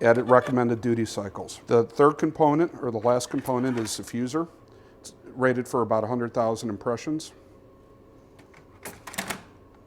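Someone talks while handling a fuser unit, a consumable module, being installed into a label printer; after a quiet stretch, a few faint knocks and clicks of handling come from about 8.6 to 9.3 seconds. The fuser unit has not locked into place yet, and nothing has seated or clicked home.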